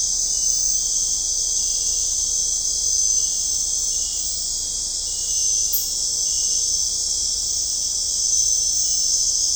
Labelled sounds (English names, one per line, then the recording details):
none
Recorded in dense forest near Puerto Asís, Putumayo, Colombia, on 20 December 2024 at 22:00
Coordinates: 0.499, -76.324
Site G045